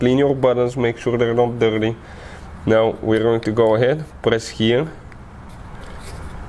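Someone talks while handling a replacement key fob shell for a BMW F10, F11, F30, F31, F32, F36, X3, X4, X5 or X6, preparing to press the plastic top shell onto the bottom shell. Apart from a faint brief tick near 5.1 s, the rest is quiet background. The shell has not yet snapped closed; nothing has seated or clicked.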